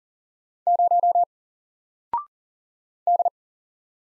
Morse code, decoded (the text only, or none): 0 D